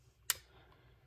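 An ambidextrous thumb safety is pushed into the frame of a Hi-Capa airsoft pistol while a small flathead screwdriver holds the nub in place. A single sharp, bright click sounds at 0.3 s over faint low background noise, then quickly fades. The thumb safety seats in the frame.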